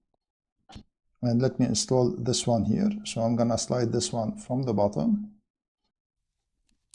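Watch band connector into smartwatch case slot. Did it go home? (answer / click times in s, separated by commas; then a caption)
no / none. Someone talks while handling the second piece of an aftermarket Apple Watch band, getting ready to slide its connector from the bottom into the lug slot of the smartwatch case. Faint small ticks come near the very end, around 6.7 to 7.0 seconds. The band is not yet home, and nothing has seated or clicked yet.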